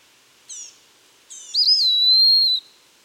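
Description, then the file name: Eastern wood pewee call: two faint, short high notes, then one loud, sweet whistle that wavers briefly and holds steady, slightly falling, for about a second. "Contopus virens - Eastern Wood Pewee"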